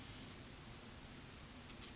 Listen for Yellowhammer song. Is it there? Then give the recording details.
no. Background noise only